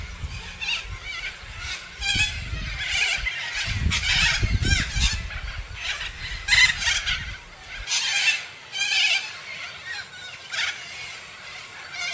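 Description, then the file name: Major Mitchell's cockatoo giving repeated harsh, trembling screeches, with low rumbling background noise during the first two-thirds. "canto da cacatua inca"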